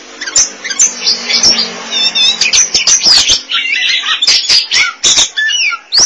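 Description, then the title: Oriental magpie-robin delivering a rich jumble of whistled and warbled notes with scratchy chatter, rising and falling quickly, punctuated by sharp clicks. Chirping song (kicauan) of the bird. "Suara Kicauan Burung Kacer Durasi Panjang"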